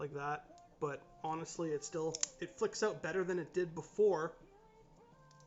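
A repaired CRKT folding knife is handled while someone talks, with its blade lock and the safety pin in the handle not yet engaged. Only a faint, brief tick is heard near the end. The blade has not yet closed, and nothing has seated or clicked yet.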